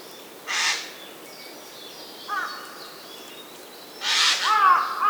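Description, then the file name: Eurasian jay giving two harsh, rasping screeches about three and a half seconds apart, with brief fainter notes and a quiet background between them. "Garrulus glandarius"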